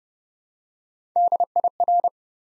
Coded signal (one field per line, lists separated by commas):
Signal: Morse code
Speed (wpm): 30 wpm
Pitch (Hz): 700 Hz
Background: none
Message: DIR